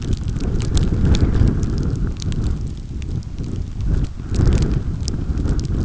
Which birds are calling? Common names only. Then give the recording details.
none. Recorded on Arctic tundra, site UTQI-5, on 29 June 2018. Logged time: 02:00